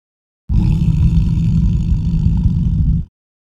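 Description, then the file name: Lion growling in one deep, continuous rumble lasting about two and a half seconds, rough and steady, with silence before and after. "Digiffects Sound Effects Library - Lion Growling"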